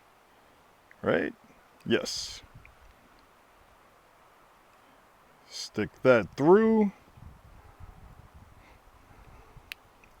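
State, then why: Seated. A crimped metal pin on a 10 AWG wire is pushed through into a female plastic solar panel cable connector housing while someone talks. A sharp click at 9.7 s marks the pin latching and seating in the housing.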